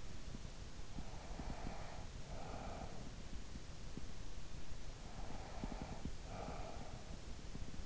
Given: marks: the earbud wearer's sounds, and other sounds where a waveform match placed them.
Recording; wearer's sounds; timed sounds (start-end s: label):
sounds in sleep by an in-ear microphone; breath
0.86-3.32 s: breath
4.85-7.86 s: breath